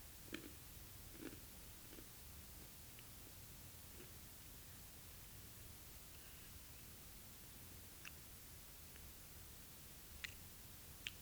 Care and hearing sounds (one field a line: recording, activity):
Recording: daily activity, guitar pickup as the sensor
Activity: eat